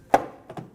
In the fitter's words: You'll hear it click into place.